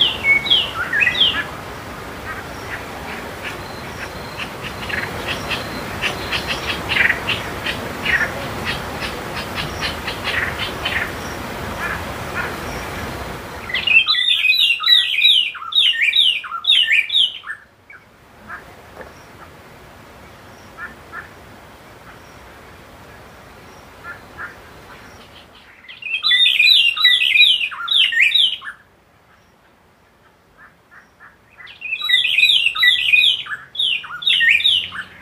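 Morning birdsong beside the Zambezi, with bright, rapid chirping phrases repeating in bursts around 14, 26 and 32 seconds. The first fourteen seconds carry a dense, rustling wash of chattering and crackling. Between the bird bursts, a faint low murmur fills the quieter stretches.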